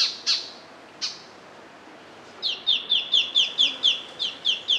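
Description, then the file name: White-faced Robin calls: three sharp, high notes, a pause, then a quick run of about eleven downslurred chipping notes. Recorded in Papua New Guinea. "Treg Leuc"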